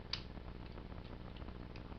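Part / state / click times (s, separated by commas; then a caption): latched part releasing from a robot toy body / released / 0.1 s. A small release button on the bottom of a robot toy is held down and the clipped parts are unlatched from the toy body. One sharp click is heard at 0.1 s as the latch lets go, followed by fainter small ticks and handling noise. The parts are released.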